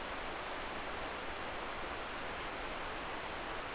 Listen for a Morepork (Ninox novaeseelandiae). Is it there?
no